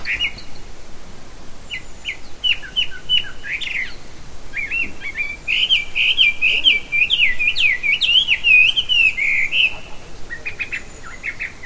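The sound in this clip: Bird song: a series of short chirps, then a long rapid warbling run of looping whistled notes, ending in a few more chirps.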